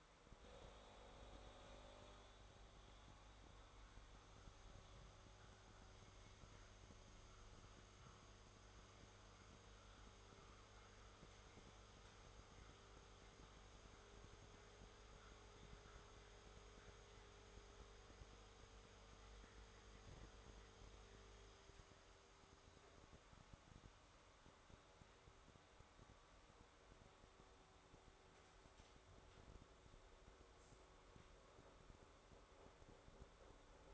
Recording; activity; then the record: daily activity, microphone in the room; make coffee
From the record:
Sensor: 3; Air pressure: 1014.7 hPa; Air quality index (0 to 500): 190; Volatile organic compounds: 21 ppm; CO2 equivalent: 2724 ppm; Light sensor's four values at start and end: 4/11/4/4 and 4/11/4/4